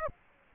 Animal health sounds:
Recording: mosquito wingbeat signal from an infrared sensor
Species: Aedes aegypti

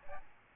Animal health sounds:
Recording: mosquito wingbeat signal from an infrared sensor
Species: Aedes albopictus

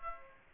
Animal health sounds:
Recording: mosquito wingbeat signal from an infrared sensor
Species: Aedes aegypti

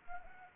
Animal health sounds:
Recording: mosquito wingbeat signal from an infrared sensor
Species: Anopheles arabiensis

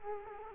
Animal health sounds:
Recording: mosquito wingbeat signal from an infrared sensor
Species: Culex quinquefasciatus

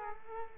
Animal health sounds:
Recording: mosquito wingbeat signal from an infrared sensor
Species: Culex quinquefasciatus

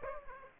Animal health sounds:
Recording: mosquito wingbeat signal from an infrared sensor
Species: Aedes aegypti

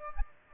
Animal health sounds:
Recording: mosquito wingbeat signal from an infrared sensor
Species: Aedes aegypti

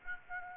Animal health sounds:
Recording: mosquito wingbeat signal from an infrared sensor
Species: Aedes aegypti

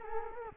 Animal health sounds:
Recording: mosquito wingbeat signal from an infrared sensor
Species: Culex quinquefasciatus

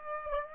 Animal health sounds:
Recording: mosquito wingbeat signal from an infrared sensor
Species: Aedes aegypti

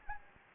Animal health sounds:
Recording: mosquito wingbeat signal from an infrared sensor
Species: Anopheles arabiensis

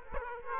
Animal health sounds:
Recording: mosquito wingbeat signal from an infrared sensor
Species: Aedes aegypti

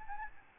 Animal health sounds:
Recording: mosquito wingbeat signal from an infrared sensor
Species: Aedes albopictus

